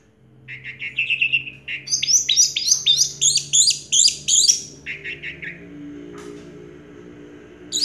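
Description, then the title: Orange-headed thrush song: a run of repeated chirping notes building into fast, high, jumbled phrases, then fading into quiet with a low hum behind. Sound used to prompt a silent orange-headed thrush to sing. "Anis Merah Macet.. Pancing Dengan Suara Ini.. # Anis Merah"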